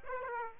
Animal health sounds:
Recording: mosquito wingbeat signal from an infrared sensor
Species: Aedes aegypti

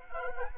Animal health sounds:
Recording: mosquito wingbeat signal from an infrared sensor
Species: Anopheles gambiae

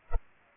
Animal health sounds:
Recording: mosquito wingbeat signal from an infrared sensor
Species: Culex pipiens

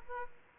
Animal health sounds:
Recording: mosquito wingbeat signal from an infrared sensor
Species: Aedes aegypti

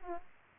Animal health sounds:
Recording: mosquito wingbeat signal from an infrared sensor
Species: Aedes aegypti

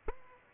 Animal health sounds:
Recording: mosquito wingbeat signal from an infrared sensor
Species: Aedes aegypti

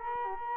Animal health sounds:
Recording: mosquito wingbeat signal from an infrared sensor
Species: Culex quinquefasciatus

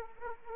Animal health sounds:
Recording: mosquito wingbeat signal from an infrared sensor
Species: Anopheles arabiensis

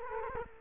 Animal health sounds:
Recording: mosquito wingbeat signal from an infrared sensor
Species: Culex quinquefasciatus

